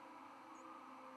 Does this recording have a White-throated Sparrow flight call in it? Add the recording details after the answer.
no. Another species' flight call is heard. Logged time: 03:53 on 11 November 2014